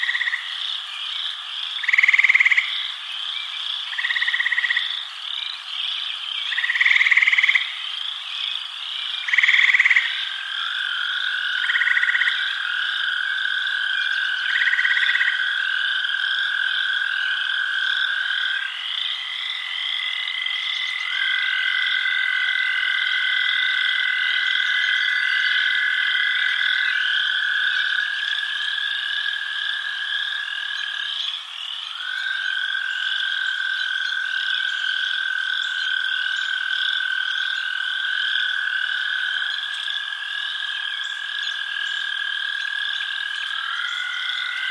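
Frogs call over a steady high insect chorus of crickets. Early on, short repeated chirps come about every two to three seconds, then give way after ten seconds to long, sustained trilling tones that overlap and shift pitch slightly through the end.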